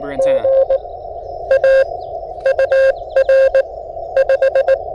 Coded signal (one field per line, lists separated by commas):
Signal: Morse code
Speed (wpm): 24 wpm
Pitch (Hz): 530 Hz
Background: speech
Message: G A UR 5